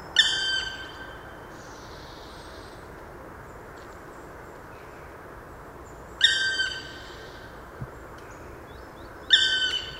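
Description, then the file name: Black woodpecker calls: three long, plaintive harmonic notes spaced several seconds apart, with a faint buzzy sound after the first and steady low background noise. Recorded on 6 December 2014 in a park garden in Landshut. "Schwarzspecht 06 12 2014 Hofgarten Landshut LA Susanne Rieck"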